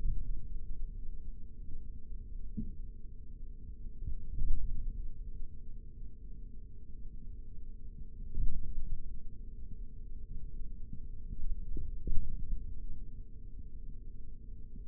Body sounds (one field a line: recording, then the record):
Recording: forearm muscle sounds (acoustic myography)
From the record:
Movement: index flexion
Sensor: system 3, bracelet of six PUI Audio POM-2738L microphones around the upper forearm, with dedicated amplification and filtering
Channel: 3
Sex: male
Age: 56 years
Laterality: right